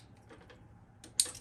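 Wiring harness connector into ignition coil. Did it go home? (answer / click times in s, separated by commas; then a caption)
yes / 1.2 s. A wiring harness electrical plug is pushed onto a new ignition coil in the engine bay of an S13. After a few faint rustles and a small tick near 1.0 s, its plastic retaining clip engages with a sharp click at 1.2 s. The connector is seated.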